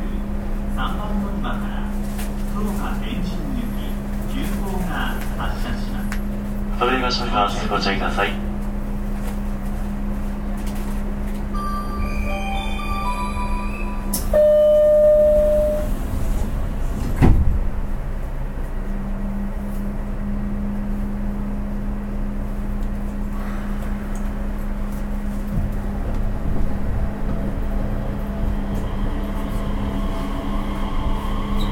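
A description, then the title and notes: Interior running noise of an electric commuter train, a steady low rumble with a constant motor hum throughout. Voices and chime-like tones come through around seconds 6–16, with a sharp clunk near 17 seconds before the hum resumes. 西鉄3000系 急行 久留米から二日市まで. 西日本鉄道 3000系電車の走行音です。 大牟田線の急行列車で録音しました。 Running noise of Nishitetsu 3000 series train.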